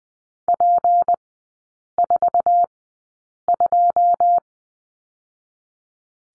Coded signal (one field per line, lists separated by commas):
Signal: Morse code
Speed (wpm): 20 wpm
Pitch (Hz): 700 Hz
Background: none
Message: P42